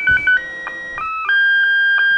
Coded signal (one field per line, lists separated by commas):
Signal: SSTV (slow-scan television)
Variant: Robot 12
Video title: Sending An SSTV Image On The 2m Band